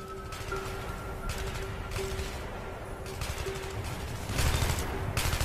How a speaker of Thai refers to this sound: เสียงปืนต่อปืนปะทะกันอย่างหนักหน่วงทหารไทยเริ่มเสริมกำลังเพื่อรักษาแนวป้องกันอย่างเข้มแข็ง